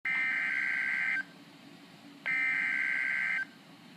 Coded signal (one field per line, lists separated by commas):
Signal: Emergency Alert System (SAME) tones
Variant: header bursts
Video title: Severe Thunderstorm Warning EAS #16